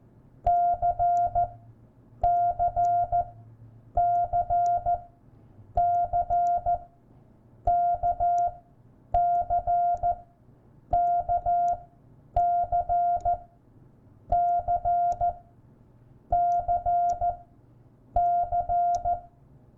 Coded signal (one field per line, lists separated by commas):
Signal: Morse code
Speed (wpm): 14 wpm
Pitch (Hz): 700 Hz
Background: none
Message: CCCCKCKCCCC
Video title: Sending CW with Paddle in Mode A or B